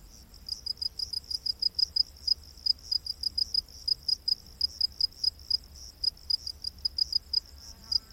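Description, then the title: High cricket chirps repeated rapidly and fairly evenly, with a soft background hiss. Crickets in a rainforest at night. "Crickets of the Rainforest 🌿. Exotic Insect Orchestra"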